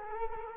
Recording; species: mosquito wingbeat signal from an infrared sensor; Culex quinquefasciatus